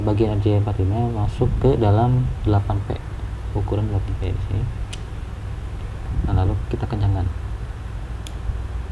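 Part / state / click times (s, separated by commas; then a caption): RJ45 plug crimped onto network cable in crimping tool / seated / 8.3 s. Someone talks while an RJ45 plug on a network cable sits in the 8P slot of a crimping tool, and the handles are squeezed. A short, sharp click at 8.3 s marks the crimp as done and the plug seated.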